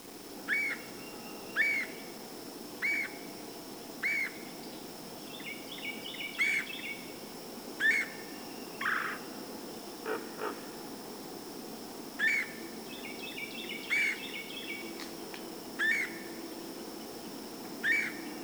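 Bird calls: short whistled notes repeated many times, with brief chattering phrases between, over a steady hum and background noise.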